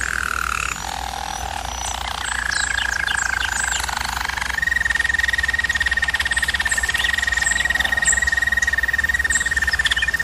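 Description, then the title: Canary singing a low rolling trill that steps up into a long, steady buzzy tour held for several seconds, with thin high chirps over it. Canary singing, for canary training. "German Roller Canary Singing - Canary Training Vid"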